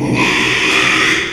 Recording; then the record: squeal of a Yucatan mini pig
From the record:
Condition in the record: after surgery on the right vocal fold (resection and tissue-engineered implant); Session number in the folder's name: 1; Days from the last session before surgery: 6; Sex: male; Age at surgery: 12 weeks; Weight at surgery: 13 kg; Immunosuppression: cyclosporine, prednisolone